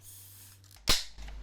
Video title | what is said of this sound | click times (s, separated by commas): Ford Focus - Random Dash - Cluster Fail Lights : Can I fix it ? | and it has just snapped into place and that's done didly undone done | 0.9 s